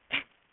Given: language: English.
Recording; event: throat vibration sensor signal played as sound; cough